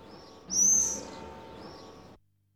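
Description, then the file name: Bird call: one loud, sharp, high whistled note, then a fainter note. "uccelli birds"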